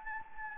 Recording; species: mosquito wingbeat signal from an infrared sensor; Anopheles gambiae